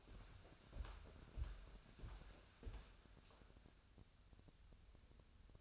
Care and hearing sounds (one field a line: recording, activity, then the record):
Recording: daily activity, microphone in the room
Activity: walk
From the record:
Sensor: 2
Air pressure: 1015.2 hPa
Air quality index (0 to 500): 110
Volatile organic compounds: 3 ppm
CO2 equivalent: 1399 ppm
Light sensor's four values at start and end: 14/37/15/17 and 14/38/15/17